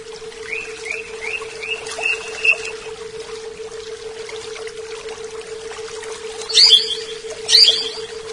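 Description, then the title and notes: Leafbird opening with a series of short rising whistles, then a held note, then two sharp chattering bursts; steady hum underneath. "CCKIJDaunKecil. Cucak Ijo"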